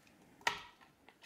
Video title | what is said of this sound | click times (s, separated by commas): How to clean the H&R 1871 Pardner Pump Shotgun/Harrington & Richardson 1871 Pardner Pump Shotgun | there we go just snapped right in there | 0.5 s